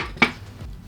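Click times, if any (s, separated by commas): 0.2 s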